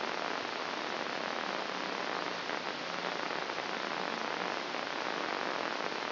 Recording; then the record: brain microelectrode recording played as sound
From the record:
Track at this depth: outside the subthalamic nucleus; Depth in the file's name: 0.743 mm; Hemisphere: left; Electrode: 2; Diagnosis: Parkinson's disease